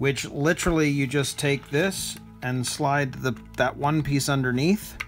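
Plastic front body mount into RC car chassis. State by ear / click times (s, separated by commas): not seated / none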